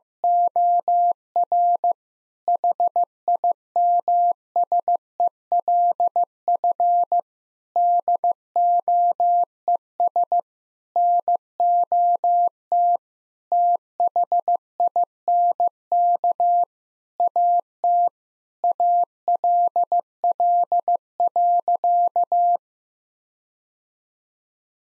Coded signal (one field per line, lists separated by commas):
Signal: Morse code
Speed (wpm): 15 wpm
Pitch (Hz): 700 Hz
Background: none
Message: OR HIMSELF DOES NOT THINK AT ALL.